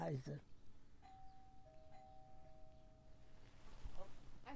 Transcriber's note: a doorbell rings